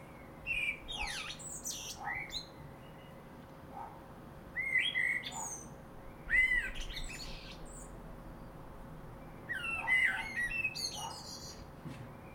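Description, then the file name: Common blackbird song of soft fluty notes and high squeaky twitters in separate bursts, over a faint background hiss. "Turdus merula"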